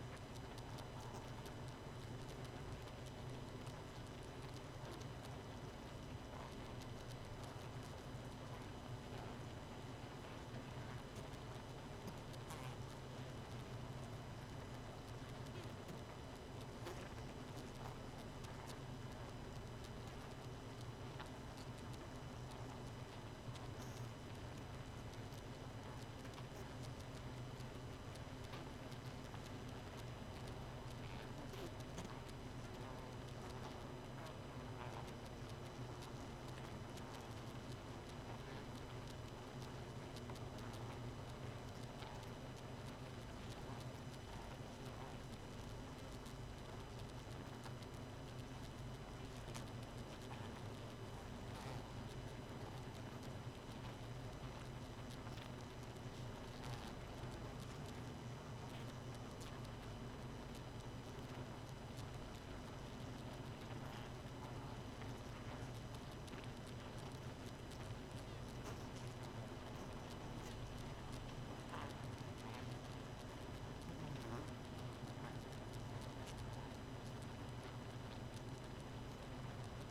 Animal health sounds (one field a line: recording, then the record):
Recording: honeybee colony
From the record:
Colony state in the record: missing queen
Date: 31 May 2018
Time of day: 0:41